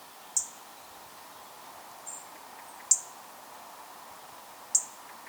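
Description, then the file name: European robin calls: sharp, very high, thin ticks, three loud ones and a fainter one between, over a steady soft background hiss. "Erithacus rubecula"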